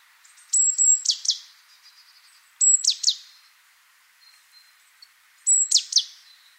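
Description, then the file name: Great tit calls: three phrases, each a high whistled note then harsh downward buzzes, with faint thin notes in the gaps. "Parus major"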